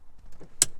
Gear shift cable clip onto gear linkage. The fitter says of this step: literally push down these clips. You hear them click when they engage,